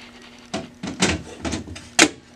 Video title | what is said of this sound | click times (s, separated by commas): Brother MFC-8910 (DR720)- Onyx Imaging - OKC Printer Repair - Drum Reset | You'll feel it click back into place. | 2.0 s